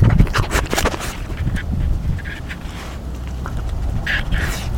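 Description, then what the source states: Dog gnawing, with sharp crunching clicks and cracks in irregular bursts over a low steady rumble. Mongrel dog feeding, gnawing bones.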